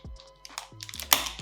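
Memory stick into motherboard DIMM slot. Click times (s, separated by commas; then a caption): 1.1 s. A second memory stick is pushed into its motherboard DIMM slot over a low musical tone, with a few small clicks and taps before a sharp, loud click at 1.1 s as it snaps in. The latch then closes, and the RAM sticks are seated and installed.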